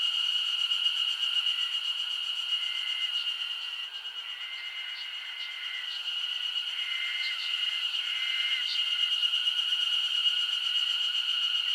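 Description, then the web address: Insect chorus of steady high-pitched ringing, joined by irregular buzzy trills and a few crisp high pulses, dipping slightly in loudness midway. Insect chorus recorded as a summer ambience in Japan. "Foundation 1 AMBIENCE JAPANESE SUMMER INSECTS"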